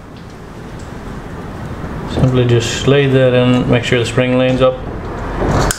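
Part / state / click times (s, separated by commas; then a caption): spring-loaded needle holder into a motorcycle carburettor body / seated / 5.7 s. A spring-loaded needle holder is slid into a motorcycle carburettor body with its spring lined up, then pressed down while someone talks. A short, sharp click at 5.7 s marks the holder seating in place.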